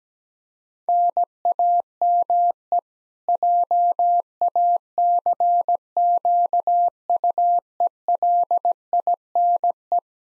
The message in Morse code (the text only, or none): NAME JACQUELINE